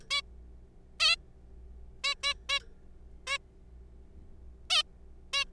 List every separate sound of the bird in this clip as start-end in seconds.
0.11-0.21, 1.00-1.16, 2.04-2.14, 2.23-2.33, 2.49-2.59, 3.27-3.38, 4.70-4.83, 5.33-5.44